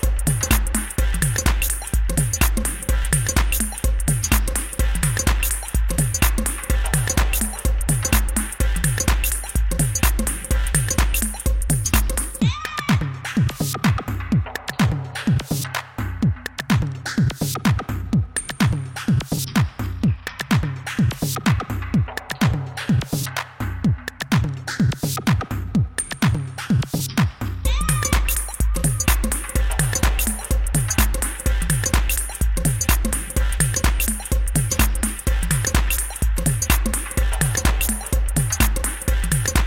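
A track plays as a steady, fast electronic beat with heavy low thumps, breaking down to sparser, choppier drums midway before the full groove returns.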